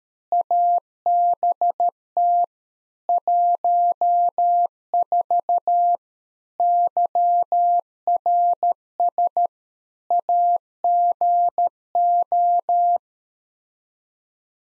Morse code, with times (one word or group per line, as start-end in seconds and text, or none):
0.3-2.4 ABT
3.1-6.0 14
6.6-9.5 YRS
10.1-13.0 AGO